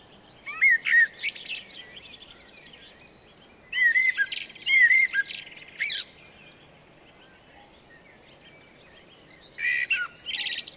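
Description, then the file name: Eurasian blackbird singing three separated phrases, each a few clear whistled notes followed by high squeaky twittering, with long quiet gaps. "Turdus merula"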